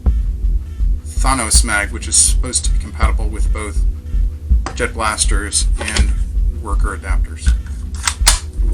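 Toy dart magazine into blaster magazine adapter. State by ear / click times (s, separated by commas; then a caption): not seated / none. Someone talks while a plastic "Thanos" toy dart magazine, meant to be compatible with both Jet Blaster and Worker adapters, is pushed into a blaster magazine adapter. Sharp plastic knocks sound around 4.7 s and 8.1–8.3 s. The magazine fits the adapter but has not locked in.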